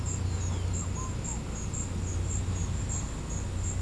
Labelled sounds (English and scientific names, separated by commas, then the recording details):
none
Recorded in pastures near Puerto Asís, Putumayo, Colombia, on 20 December 2024 at 16:00
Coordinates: 0.505, -76.324
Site G063